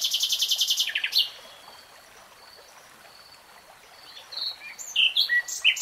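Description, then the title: Nightingale song opening with a fast, loud run of high repeated notes for about a second, a quiet gap, then sharp varied phrases returning. From a 3-hour real-time recording. "[Tiếng chim hót] Nightingale Singing"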